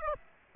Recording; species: mosquito wingbeat signal from an infrared sensor; Aedes aegypti